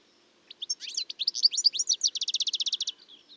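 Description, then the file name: European goldfinch giving a quick jumble of bright, tinkling notes that runs into a fast, evenly repeated buzzy trill, followed by a few faint notes. "Carduelis carduelis"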